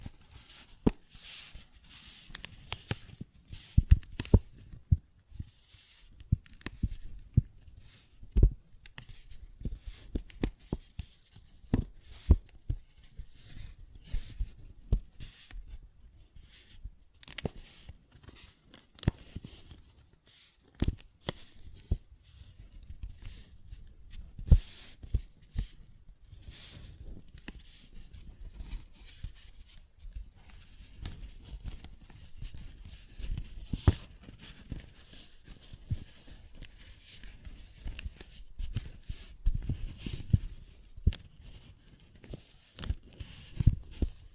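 Tapping and scratching on a paper bag, with dense, irregular crinkles and short taps scattered throughout the whole stretch. Sharp louder hits stand out every few seconds, especially around 4, 12, 25 and 40 seconds, over a thin rustling that never fully stops.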